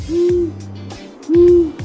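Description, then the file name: Long-eared owl hoots: two low, soft, drawn-out hoots about a second apart, with a faint low hum running between them. Recorded on 15 July 2017 behind the house. "derriere chez vous 15-07-2017 le hibou moyen-duc"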